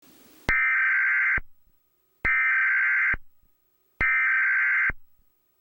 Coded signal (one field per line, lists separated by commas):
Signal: Emergency Alert System (SAME) tones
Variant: header bursts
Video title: Emergency alert system remake by kinemaster